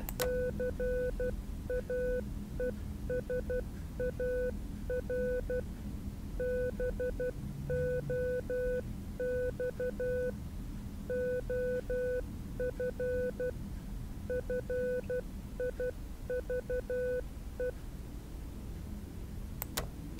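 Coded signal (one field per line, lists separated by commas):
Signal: Morse code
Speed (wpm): 12 wpm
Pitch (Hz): 500 Hz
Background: none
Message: CAESAR BOX OF FIVE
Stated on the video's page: Morse code heard in a psychological horror puzzle game.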